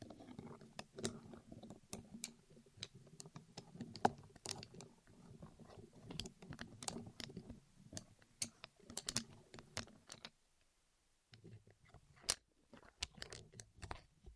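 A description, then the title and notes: ASMR rolling on the ears: a soft, low rubbing rumble under a dense, irregular stream of sharp crackling clicks, like rapid tapping. Around ten seconds everything drops to near silence for a second, then the rubbing and clicks return, with a louder snap near twelve seconds. ASMR Rolling On Your Ears (No Talking).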